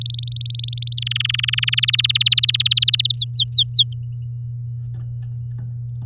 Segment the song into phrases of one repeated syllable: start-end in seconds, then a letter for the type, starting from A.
0.01-0.95 A, 0.97-1.75 B, 1.77-3.02 C, 3.04-3.12 D, 3.14-3.94 E